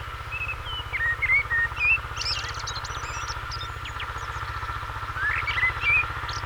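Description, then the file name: Common blackbird with soft fluty whistles and scratchy high twitters in two bouts, partly masked by a continuous low drone and humming tone. "Turdus merula"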